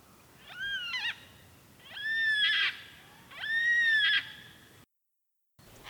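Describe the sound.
Yellow-tailed black cockatoo giving three long, wavering, wailing calls, each drawn out for over half a second, with short pauses between them, and the start of another at the end.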